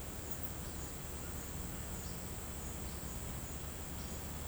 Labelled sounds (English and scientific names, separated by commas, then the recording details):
none
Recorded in pastures near Puerto Asís, Putumayo, Colombia, on 12 March 2025 at 17:00
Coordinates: 0.472, -76.329
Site G074